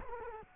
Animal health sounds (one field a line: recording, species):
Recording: mosquito wingbeat signal from an infrared sensor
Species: Culex quinquefasciatus